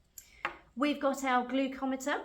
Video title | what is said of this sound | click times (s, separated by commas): Testing Blood Glucose Levels | And whenever we're not using the test strips, we just need to make sure, if you can hear that click, that is really closed. | 0.2 s, 0.5 s